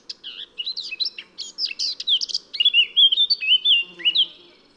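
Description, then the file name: Eurasian blackcap song: a continuous hurried chattering warble that ends in a few loud, fluting whistled notes. "Sylvia atricapilla"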